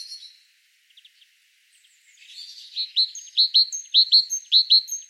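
Great tit giving quick repeated chirps, soft scattered notes at first, then a steady run of loud, downward-curving pairs with thin high notes between them.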